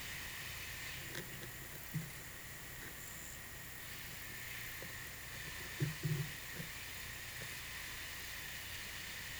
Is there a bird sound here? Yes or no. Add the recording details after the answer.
no. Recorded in pastures near Puerto Asís, Putumayo, Colombia, on 23 June 2025 at 14:00. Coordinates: 0.486, -76.323. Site H29